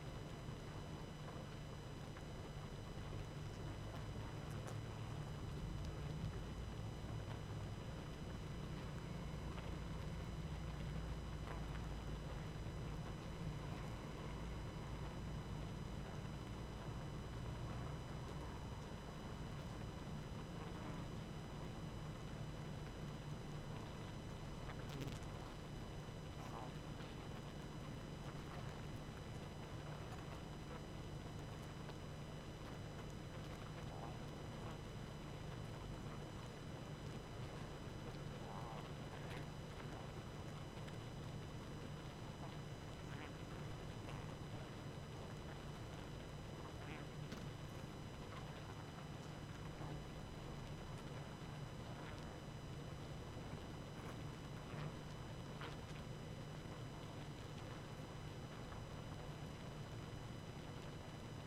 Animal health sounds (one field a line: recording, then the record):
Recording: honeybee colony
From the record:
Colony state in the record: active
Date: 12 June 2018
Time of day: 22:08